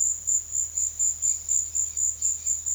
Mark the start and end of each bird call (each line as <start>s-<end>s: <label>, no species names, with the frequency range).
0.63s-2.75s: bird call (1.9-6.0 kHz)